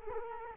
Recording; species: mosquito wingbeat signal from an infrared sensor; Culex quinquefasciatus